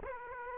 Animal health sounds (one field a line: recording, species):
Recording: mosquito wingbeat signal from an infrared sensor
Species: Aedes aegypti